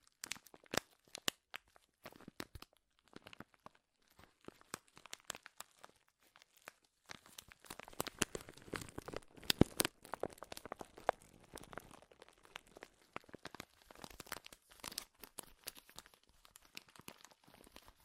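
Sharp crinkling runs through the whole stretch, made of rapid, irregular crackles and snaps that reach from low up to very bright. It is sparse in the first seven seconds, with gaps of near silence, then grows dense and louder from about seven to eleven seconds, peaking near nine and a half, before thinning again.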